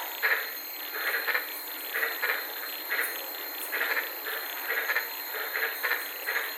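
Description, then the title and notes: White-lipped tree frogs giving short, barking calls in a chorus, roughly one call a second, over a constant background hiss. Several frogs calling at night in the Daintree rainforest, Queensland, Australia, recorded from inside a car. "White Lipped Frog Podcast. I was sitting in my car in the Daintree rainforest in Queensland this night and fell asleep listening to these amazing White lipped frogs"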